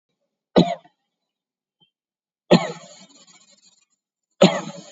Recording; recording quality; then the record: shallow voluntary cough; moderate, slight background noise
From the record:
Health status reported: COVID-19 positive, mild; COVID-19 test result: positive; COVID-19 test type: RT-PCR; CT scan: taken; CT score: 10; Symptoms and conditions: sore throat, hypertension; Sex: male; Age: 56 years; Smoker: no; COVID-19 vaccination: one dose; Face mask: worn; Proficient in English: yes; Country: India